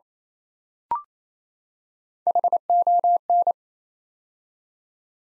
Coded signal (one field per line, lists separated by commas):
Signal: Morse code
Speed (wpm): 27 wpm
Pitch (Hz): 700 Hz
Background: none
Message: HON